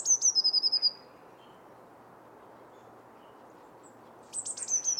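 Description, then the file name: Eurasian blue tit song: a couple of thin, very high notes dropping into a quick, silvery trill, heard at the start and again after a few seconds of quiet. "Cyanistes caeruleus"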